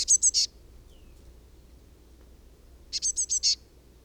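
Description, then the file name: Eurasian blue tit giving high scolding calls, a rapid group of four buzzy notes, a pause, then five more, with low background hum. "Cyanistes caeruleus"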